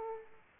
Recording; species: mosquito wingbeat signal from an infrared sensor; Aedes aegypti